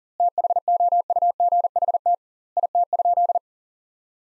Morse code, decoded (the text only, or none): THOUGHT IT?